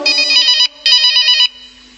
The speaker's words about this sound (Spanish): ¿Qué es? El teléfono sonó.